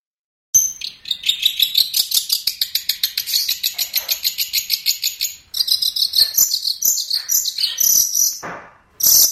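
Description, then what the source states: Long-tailed shrike song: a long rapid series of regular ticking high notes, then a jumble of shrill chattering and whistles. Training recording for songbird keepers; master song.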